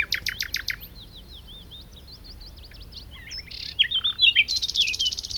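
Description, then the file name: Common nightingale song, a fast burst of loud repeated chirps followed by varied whistled notes and rapid buzzy phrases. "Luscinia megarhynchos"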